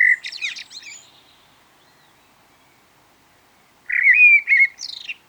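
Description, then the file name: Common blackbird song: a low, mellow fluted warble ending in a squeaky high twitter, then a pause before a second warbled phrase with a sharp high flourish. "turdus merula nobles"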